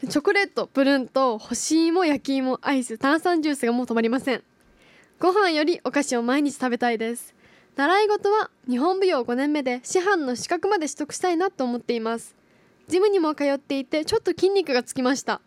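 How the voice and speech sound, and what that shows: A young girl speaks Japanese fluently and clearly, with a high, lively voice and brief natural pauses.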